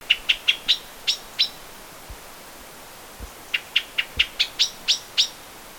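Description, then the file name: Common blackbird giving sharp, clicking call notes in two bursts of about six and eight, with a few low thumps between. "Turdus merula"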